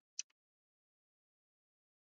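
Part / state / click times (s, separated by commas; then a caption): cable chain into its mount on a 3D printer frame / seated / 0.2 s. A plastic cable chain (drag chain) section is pressed into its mount on the frame of a Sovol SV08 MAX 3D printer. It gives a sharp, bright click at 0.2 s, followed by a faint second tick about 0.1 s later, then silence. The chain clips in and is seated.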